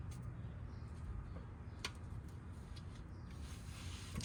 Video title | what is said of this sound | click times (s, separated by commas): 2019 Ford Mustang EcoBoost oil change | I didn't hear a click. | none